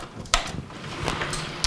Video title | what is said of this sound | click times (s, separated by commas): Antec Dark Avenger | There's the click. | 0.3 s